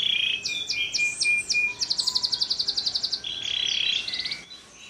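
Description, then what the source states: Canary song: short chopped notes leading into a quick pulsing trill, then a smooth buzzy roll that fades at the close. Canary tutor song (kalitan), singing actively (gacor) with long song phrases (suara panjang).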